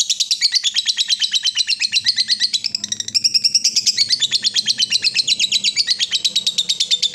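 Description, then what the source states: Yellow-vented bulbul in nonstop rapid chatter, quick scratchy notes pouring out several per second for the whole stretch. Used as a bird lure.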